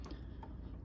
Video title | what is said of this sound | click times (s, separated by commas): How to check the cables on your KCTC router -844E | so I'm just going to plug it in and you just push it in and makes a little click noise with this kind of connection and then | 0.4 s